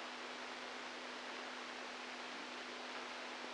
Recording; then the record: brain microelectrode recording played as sound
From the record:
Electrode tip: outside the subthalamic nucleus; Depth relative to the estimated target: 2 mm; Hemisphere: right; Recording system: NeuroSet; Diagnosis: Parkinson's disease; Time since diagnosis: 10 years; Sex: male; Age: 65 years